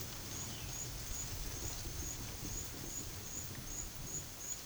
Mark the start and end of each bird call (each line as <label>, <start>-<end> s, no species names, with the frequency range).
bird call (1.4-4.9 kHz), 0.00-0.88 s